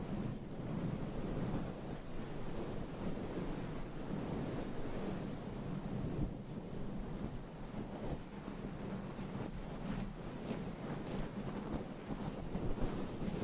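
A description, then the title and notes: Continuous dense scratching and rubbing against a microphone cover, a rough low rustle with frequent brief crackly flicks throughout. ASMR Mic Scratching - Brain Scratching with Different Mic Covers 100% Tingles - Asmr No Talking.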